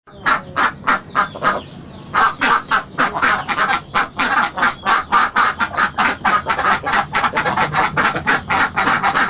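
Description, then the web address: Ducks quacking: several harsh quacks, a short lull, then a fast, unbroken run of nasal calls. Ducks at a marketplace. "Lynne Music Marketplace-Ducks"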